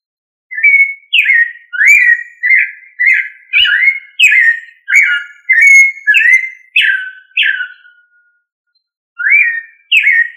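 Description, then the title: Thrush song: rapid run of bright whistled swoops, about a dozen phrases in a row, then a pause of about a second before two more phrases resume. "Familia Turdidae - Sabia"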